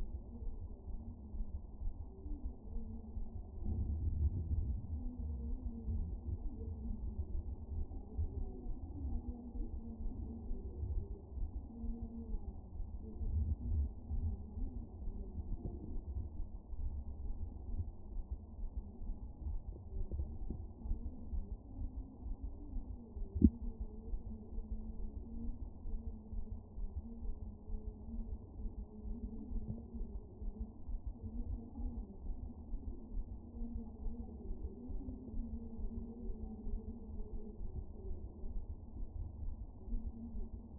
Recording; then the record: fetal heart sounds by stethoscope on the mother's abdomen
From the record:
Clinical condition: moderate anaemia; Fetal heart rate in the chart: 135 bpm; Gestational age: 39 weeks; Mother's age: 23 years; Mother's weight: 54 kg